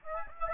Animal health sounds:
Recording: mosquito wingbeat signal from an infrared sensor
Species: Aedes albopictus

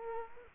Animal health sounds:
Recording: mosquito wingbeat signal from an infrared sensor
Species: Culex quinquefasciatus

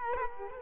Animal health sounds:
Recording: mosquito wingbeat signal from an infrared sensor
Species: Culex quinquefasciatus

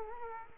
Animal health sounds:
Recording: mosquito wingbeat signal from an infrared sensor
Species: Culex quinquefasciatus

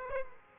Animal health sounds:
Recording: mosquito wingbeat signal from an infrared sensor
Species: Aedes aegypti

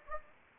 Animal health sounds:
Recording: mosquito wingbeat signal from an infrared sensor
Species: Anopheles gambiae

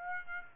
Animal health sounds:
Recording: mosquito wingbeat signal from an infrared sensor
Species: Aedes aegypti

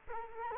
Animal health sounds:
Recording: mosquito wingbeat signal from an infrared sensor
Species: Culex quinquefasciatus

